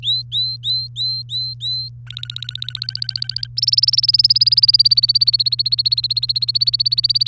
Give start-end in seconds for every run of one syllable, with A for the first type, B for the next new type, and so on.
0.03-1.89 A, 2.07-3.47 B, 3.57-7.28 C